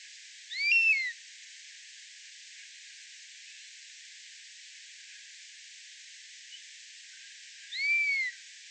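Common buzzard calling twice, long, arched, plaintive mews separated by roughly seven seconds of quiet hiss.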